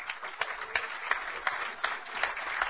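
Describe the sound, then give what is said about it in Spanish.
An audience applauds to welcome the Luzuriaga brothers' musical performance at an installation ceremony for the new board of the Casa de la Cultura Ecuatoriana's Pichincha chapter, a dense wash of many hands clapping at a moderate level, with a few sharper claps standing out at a regular pace. “Les recibimos con un aplauso.”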